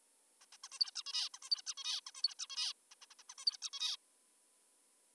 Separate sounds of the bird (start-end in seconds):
0.42-0.46, 0.52-0.57, 0.64-0.68, 0.72-0.79, 0.80-0.91, 0.96-1.03, 1.06-1.29, 1.34-1.39, 1.43-1.50, 1.51-1.62, 1.66-1.74, 1.78-2.01, 2.07-2.12, 2.15-2.22, 2.24-2.34, 2.39-2.47, 2.50-2.73, 2.91-2.95, 3.02-3.06, 3.10-3.14, 3.19-3.23, 3.30-3.34, 3.38-3.45, 3.46-3.57, 3.62-3.70, 3.73-3.96